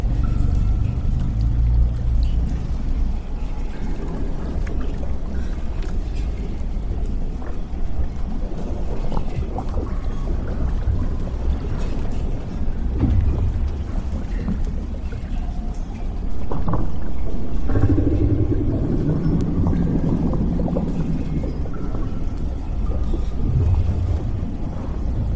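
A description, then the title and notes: A damaged underwater lab hums with a constant deep, heavy rumble, like machinery running through water. Scattered knocks and metallic creaks surface now and then, and from about 17 seconds a low groaning drone swells slightly louder before settling back. Warning!! you are in the damaged underwater lab. Sci-fi ambience.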